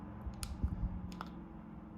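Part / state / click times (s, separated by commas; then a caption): wrist pin circlip into motorcycle piston groove / not seated / none. A metal wrist pin circlip is being pushed by hand into the groove on one side of an aluminium two-stroke piston during a motorcycle CR125 engine build. Short sharp ticks of handling sound at about 0.4, 1.1 and 1.2 seconds over a steady low hum. The circlip has not seated or clicked into the groove yet.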